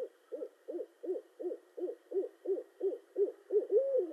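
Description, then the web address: Barred owl uttering a steady run of short hoots, about three per second, closing with a longer, drawn-out wavering hoot. Recorded on 18 March 2012. "Barred Owl 2012 03 18"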